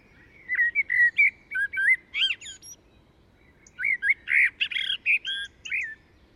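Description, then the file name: Common blackbird giving two warbling phrases of clear whistled notes mixed with a few higher, scratchier notes, separated by a short pause. "Turdus merula"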